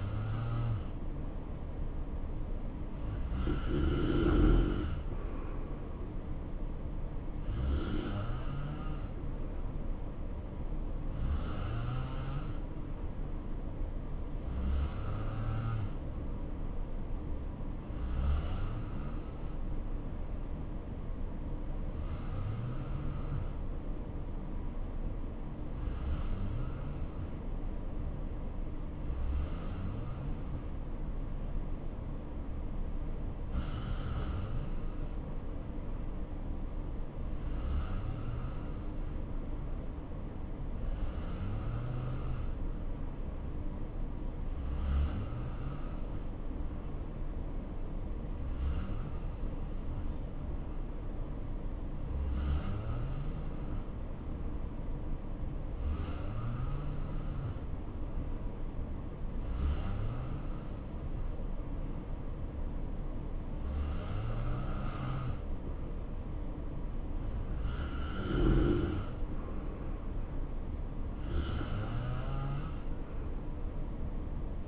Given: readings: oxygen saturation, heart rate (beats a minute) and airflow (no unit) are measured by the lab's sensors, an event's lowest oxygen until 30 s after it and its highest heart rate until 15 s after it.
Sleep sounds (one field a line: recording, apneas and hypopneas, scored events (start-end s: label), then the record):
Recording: breathing in sleep by a smartphone at the bedside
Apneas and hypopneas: 2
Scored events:
13.00-30.10 s: hypopnea (N2, oxygen 91% highest, then 86% lowest, heart rate 61 at the start, 68 highest)
36.00-65.20 s: hypopnea (N2, oxygen 91% highest, then 87% lowest, heart rate 68 at the start, 68 highest)
From the record:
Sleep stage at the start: N2 (light sleep)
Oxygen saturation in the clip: 86 to 91%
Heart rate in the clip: 60 to 68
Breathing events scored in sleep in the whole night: 277 in 7.4 hours asleep